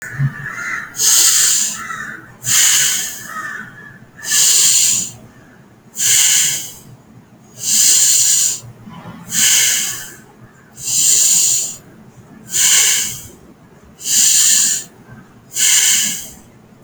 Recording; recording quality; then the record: deep breathing; excellent, no background noise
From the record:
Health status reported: healthy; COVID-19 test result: negative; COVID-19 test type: RT-PCR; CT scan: not taken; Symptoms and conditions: none ticked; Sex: male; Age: 23 years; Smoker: no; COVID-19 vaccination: one dose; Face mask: not worn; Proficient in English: yes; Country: India